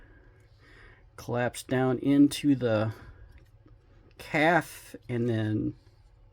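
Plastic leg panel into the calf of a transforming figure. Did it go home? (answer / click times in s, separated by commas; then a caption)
no / none. A plastic leg panel of a Transformers Studio Series The Movie 86 Thundercracker transforming figure is handled and collapsed down into the calf while someone talks, with a couple of faint handling ticks between the phrases. The clip ends before the panel goes home; nothing has seated or clicked into place yet.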